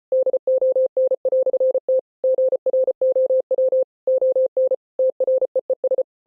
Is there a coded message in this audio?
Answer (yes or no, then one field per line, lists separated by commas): yes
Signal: Morse code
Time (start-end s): 0.1-6.0 s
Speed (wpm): 33 wpm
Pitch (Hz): 520 Hz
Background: none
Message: DON"T GROW ON TREES